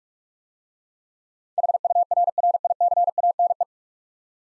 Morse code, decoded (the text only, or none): HURRICANE